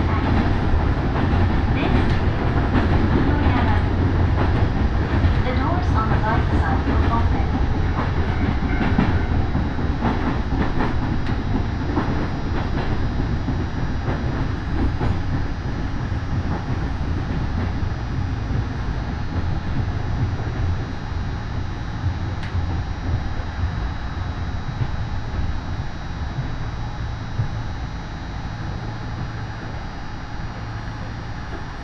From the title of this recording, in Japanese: 養老鉄道 揖斐→大垣→養老